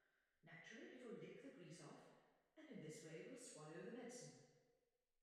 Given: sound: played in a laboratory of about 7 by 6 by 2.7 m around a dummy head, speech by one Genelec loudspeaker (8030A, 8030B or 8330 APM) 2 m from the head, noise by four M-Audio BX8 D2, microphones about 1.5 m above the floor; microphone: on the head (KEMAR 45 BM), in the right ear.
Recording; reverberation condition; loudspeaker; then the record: female speech in English; high; 60 degrees to the left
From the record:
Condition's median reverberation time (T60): about 1300 ms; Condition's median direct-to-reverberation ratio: about -4.0 dB